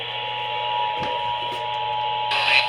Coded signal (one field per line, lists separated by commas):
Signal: Emergency Alert System (SAME) tones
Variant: 853 and 960 Hz attention tone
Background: speech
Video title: A TEST OR AMBER... EAS Test Alerts From July 2026 (EAS#6,358 - 6,392)